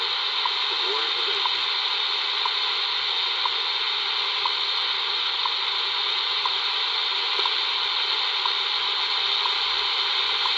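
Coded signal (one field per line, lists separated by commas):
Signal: radio time signal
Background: speech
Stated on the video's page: WWV on 15 MHz, rough copy, received on a Retekess TR608 portable receiver with a Tecsun AN-48X active loop antenna.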